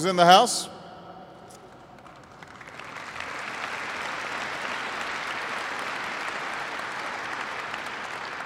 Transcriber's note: applause